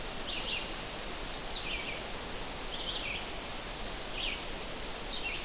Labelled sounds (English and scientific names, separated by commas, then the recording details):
Red-eyed Vireo (Vireo olivaceus) song
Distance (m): 35 m
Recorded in boreal forest in Alberta, Canada, on 12 June 2016 at 07:32
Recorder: SongMeter 3, array SBT-3-18
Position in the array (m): 200 m, 125 m